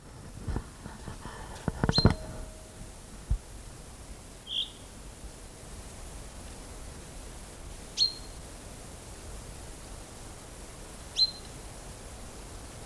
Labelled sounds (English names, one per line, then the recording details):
Common Chaffinch
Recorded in the wild
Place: Liebenthal, Schorfheide, Brandenburg, DE
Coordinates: 52.92, 13.46
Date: 1996-04-07 17:58
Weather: heiter, 15°C, z.T. windig
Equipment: Nagra SN, Sennheiser MKH 416 T, Kopie Uher 4000 Report Monitor
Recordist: Tembrock, Günter
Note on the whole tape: Am Pinnowsee: "Pink"-Rufe und "Rülschen"